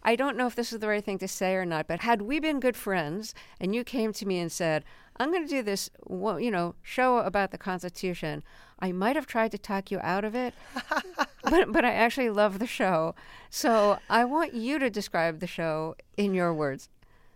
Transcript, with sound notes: I don't know if this is the right thing to say or not, but had we been good friends and you came to me and said, I'm going to do this, well, you know, show about the Constitution, I might have tried to talk you out of it.
(Laughter).
But I actually love the show. So I want you to describe the show in your words.